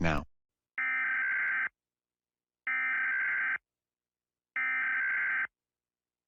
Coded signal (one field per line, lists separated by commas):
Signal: Emergency Alert System (SAME) tones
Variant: header bursts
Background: speech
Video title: Jack Paul rates EAS alarms (1)